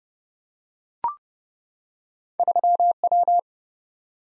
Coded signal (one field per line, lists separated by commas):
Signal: Morse code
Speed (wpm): 31 wpm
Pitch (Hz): 700 Hz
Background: none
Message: 3W